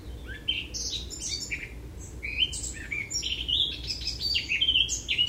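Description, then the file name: Eurasian blackcap singing a continuous, hurried warble of bright, varied high notes and short slurs, with a steady low background hum. "Sylvia atricapilla"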